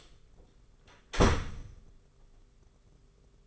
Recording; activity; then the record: daily activity, microphone in the room; close door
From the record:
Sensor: 4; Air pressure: 991.2 hPa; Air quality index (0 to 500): 134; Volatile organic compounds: 47 ppm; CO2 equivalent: 3255 ppm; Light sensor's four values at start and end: 14/36/14/15 and 9/22/8/9